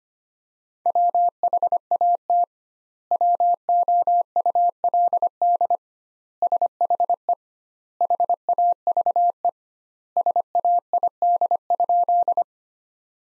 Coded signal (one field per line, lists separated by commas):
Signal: Morse code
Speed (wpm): 25 wpm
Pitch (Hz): 700 Hz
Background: none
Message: WHAT WOULD SHE HAVE SAID?